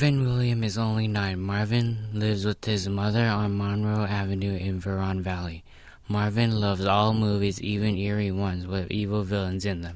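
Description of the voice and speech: An adult man with puberphonia, after voice therapy, reads a short passage fluently in a low, steady voice around 105 Hz, with clear, full voicing and no breaks into a high register. The high falsetto has been replaced by a typical adult male pitch.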